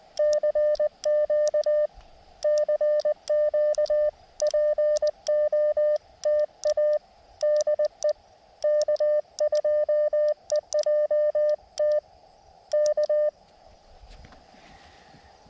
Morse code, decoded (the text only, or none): CQ CQ POTA DE K2EJT K